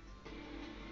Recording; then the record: background sound without coughing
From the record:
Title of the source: BackgroundMusic